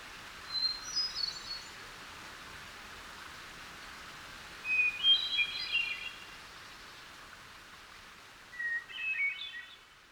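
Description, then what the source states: Hermit Thrush with three separate flute-like song phrases, the opening whistle lower in each successive phrase, each ending in a higher tumbling flourish over faint background hiss. Singing in the morning, seen perched on a low limb in a hemlock tree near a small waterfall.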